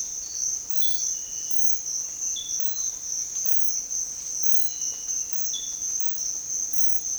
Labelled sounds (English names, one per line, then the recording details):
none
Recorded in dense forest near Puerto Asís, Putumayo, Colombia, on 21 February 2024 at 07:00
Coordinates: 0.500, -76.322
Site G6465